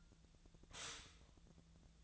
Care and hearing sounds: daily activity, microphone in the room; stop toaster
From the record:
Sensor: 3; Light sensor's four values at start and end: 32/80/34/36 and 32/80/34/36

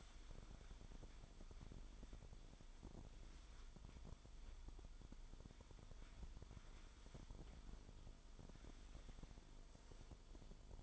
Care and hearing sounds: daily activity, microphone in the room; wipe stove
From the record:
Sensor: 5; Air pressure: 1003.4 hPa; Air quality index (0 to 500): 147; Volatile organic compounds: 2 ppm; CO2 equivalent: 1070 ppm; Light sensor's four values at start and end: 34/77/34/40 and 34/75/34/40

